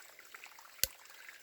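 A plastic pinch clamp is clipped down onto a drinking tube to close off the water flow. It seats with one sharp, bright click at 0.8 s, clearly louder than the faint rustles and small ticks around it.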